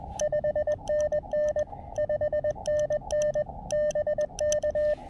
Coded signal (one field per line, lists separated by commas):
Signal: Morse code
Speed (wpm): 20 wpm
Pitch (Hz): 590 Hz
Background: none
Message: 5NN 5NN BK